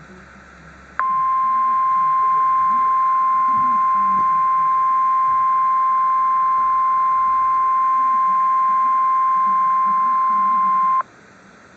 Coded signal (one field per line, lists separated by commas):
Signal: Emergency Alert System (SAME) tones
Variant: 1050 Hz attention tone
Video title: Real NOAA Weather Radio EAS Alert #73